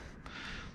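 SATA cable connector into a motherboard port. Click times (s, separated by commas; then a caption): 0.3 s. A SATA cable connector is pushed into its port at the bottom position on a motherboard, and it seats with a short, sharp click at 0.3 s. Right after, a breathy, gasp-like sound follows over a steady background hiss as the connection is made.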